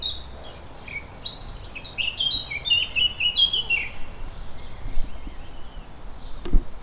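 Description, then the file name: Eurasian blackcap delivering one hurried warble of varied chirps that ends in clearer sliding notes, followed by faint quieter phrases and a sharp knock near the end. "Sylvia atricapilla"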